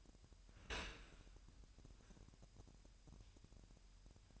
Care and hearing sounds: daily activity, microphone in the room; open dishwasher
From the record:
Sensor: 2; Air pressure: 998.2 hPa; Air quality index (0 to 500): 147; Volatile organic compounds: 4 ppm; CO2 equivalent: 1660 ppm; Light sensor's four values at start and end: 10/30/12/11 and 10/30/12/11

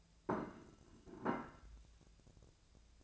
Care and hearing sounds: daily activity, microphone in the room; place plate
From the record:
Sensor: 2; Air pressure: 1000.0 hPa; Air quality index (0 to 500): 132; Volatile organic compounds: 2 ppm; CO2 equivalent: 1124 ppm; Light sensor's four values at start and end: 24/61/26/28 and 24/60/25/28

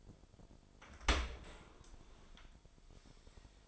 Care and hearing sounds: daily activity, microphone in the room; open dishwasher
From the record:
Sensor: 5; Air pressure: 1003.2 hPa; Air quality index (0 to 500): 128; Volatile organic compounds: 1 ppm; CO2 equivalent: 942 ppm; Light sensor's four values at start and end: 81/195/82/94 and 78/187/79/90

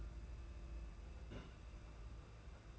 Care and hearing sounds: daily activity, microphone in the room; place on stove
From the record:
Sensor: 2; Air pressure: 991.9 hPa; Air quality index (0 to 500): 233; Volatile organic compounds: 1000 ppm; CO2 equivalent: 7829 ppm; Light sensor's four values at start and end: 17/56/22/20 and 17/56/22/20

